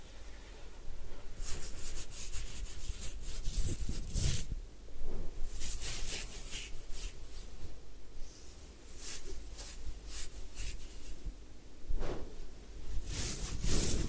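Hair washing and scalp massage, with dense rubbing and scratchy scrubbing in repeated bursts, a low rumble underneath, and brief pauses between strokes.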